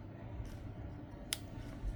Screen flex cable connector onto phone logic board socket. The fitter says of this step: yeah you can hear that click sound so now those both connectors has been